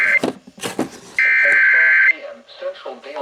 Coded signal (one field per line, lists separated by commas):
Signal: Emergency Alert System (SAME) tones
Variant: header bursts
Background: speech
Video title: Severe Thunderstorm Warning - EAS 236 and 237